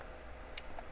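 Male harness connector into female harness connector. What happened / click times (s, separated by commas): The plastic connector clicked into place / 0.6 s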